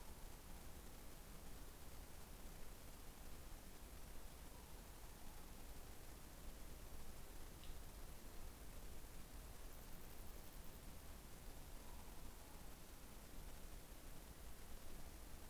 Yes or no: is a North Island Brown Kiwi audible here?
no